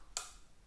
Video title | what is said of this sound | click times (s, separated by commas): Shooting Leica-M lenses on the Leica SL3 | onto the lens mount on the camera body and now I can rotate it until it snaps in listen to the sound | 0.2 s